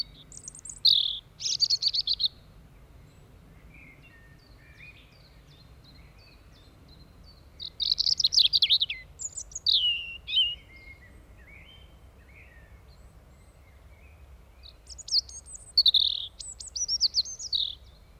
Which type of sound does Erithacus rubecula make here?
song